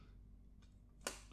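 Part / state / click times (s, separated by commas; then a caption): folding arm of a saxophone stand locking into its hub / seated / 1.1 s. The folding arm of a saxophone stand is locked into its hub, seating with a single sharp click at 1.0 s over a low, steady background hum. A fainter tick follows at the very end of the clip. The stand leg is clicked into place.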